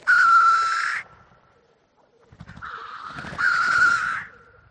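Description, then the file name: Black grouse making two loud, rasping hisses a few seconds apart, the second rising out of softer rustling and scratchy noise. "audio hero Bird Black Grouse"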